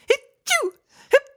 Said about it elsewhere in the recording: My uncle has the most amusing sneezes because he's like a 6'3", burly, masculine dude, and his sneezes sound like this. Hit-choo! That's like a cartoon.